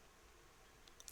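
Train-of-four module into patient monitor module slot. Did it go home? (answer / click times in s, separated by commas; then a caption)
yes / 1.1 s. A train-of-four module is pushed into its slot on a Philips patient monitor, with quiet low background noise followed by faint ticks near 0.9 and 1.0 seconds. A sharp, satisfying click at 1.1 seconds marks the module settling into the right spot, and it is seated.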